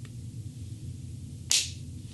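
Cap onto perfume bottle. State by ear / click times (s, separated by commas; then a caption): seated / 1.5 s. A heavy magnetic-style cap is pushed onto a heavy Dunhill Icon cologne bottle. After a faint tick near the start and a quiet stretch, the cap clicks sharply into place at 1.5 s, leaving it firmly seated.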